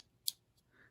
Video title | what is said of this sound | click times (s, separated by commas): USS Voyager hinge mechanism | then it clicks into place there and if you look right here on this opening | 0.3 s